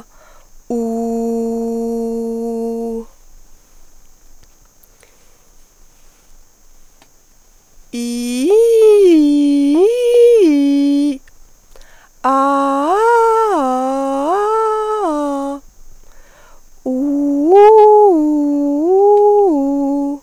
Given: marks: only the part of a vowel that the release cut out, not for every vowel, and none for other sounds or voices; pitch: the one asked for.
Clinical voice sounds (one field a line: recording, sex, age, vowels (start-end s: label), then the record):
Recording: sustained vowels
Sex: female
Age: 20 to 29 years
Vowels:
0.85-2.80 s: vowel /u/, low pitch
8.03-9.64 s: vowel /i/, low-high-low pitch
12.32-14.14 s: vowel /a/, low-high-low pitch
18.46-20.02 s: vowel /u/, low-high-low pitch
From the record:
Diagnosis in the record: healthy voice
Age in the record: 25 years